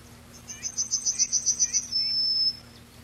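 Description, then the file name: Yellowhammer gives one song, about ten fast high notes, then a long, even, piercing end note lasting around half a second. Recorded 10 July 1991. "10 07 91 Ecitrinella"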